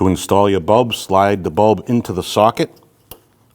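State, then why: Seated. Someone talks while a new headlight bulb for a 2012-2021 Nissan NV2500 is slid into its plastic wiring socket. After the talking stops, a single sharp click is heard at 3.1 s as the bulb latches and seats in the socket, before the red locking tab is slid.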